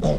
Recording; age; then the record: pig call; piglet (1 to 25 days)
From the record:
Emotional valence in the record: negative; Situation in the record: long isolation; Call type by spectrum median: low-frequency call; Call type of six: low-frequency stable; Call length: 0.19 s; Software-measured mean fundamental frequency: 53 Hz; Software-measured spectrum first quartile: 133 Hz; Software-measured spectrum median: 322 Hz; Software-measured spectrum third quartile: 617 Hz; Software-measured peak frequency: 168 Hz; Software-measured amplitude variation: 100 dB a second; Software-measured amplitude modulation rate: 23.2 a second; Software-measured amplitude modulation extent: 4.3 dB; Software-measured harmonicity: 0.5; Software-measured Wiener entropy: -0.91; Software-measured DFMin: 743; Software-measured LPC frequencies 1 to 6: 593, 2059, 3590, 5137, 5479, 6294 Hz